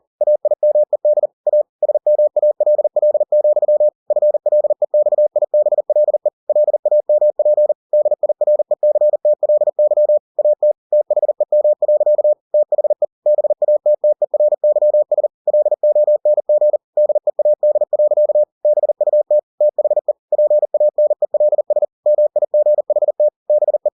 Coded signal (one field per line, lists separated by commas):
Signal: Morse code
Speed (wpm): 40 wpm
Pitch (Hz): 600 Hz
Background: none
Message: AIMED A SMALL, FLEXIBLE LAMP DIRECTLY AT THEM. THE BATTERYS LONG DEAD. BUT THE PANELS MIGHT BE